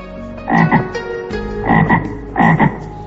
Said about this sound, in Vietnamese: Một con ếch màu đỏ nhảy từ trong chiếc hộp ra, hàm răng sắc nhọn, đôi mắt xanh lục to lồi không ngừng liếc nhìn xung quanh, trông vô cùng kỳ quái và đáng sợ.